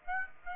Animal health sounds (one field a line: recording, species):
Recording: mosquito wingbeat signal from an infrared sensor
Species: Aedes aegypti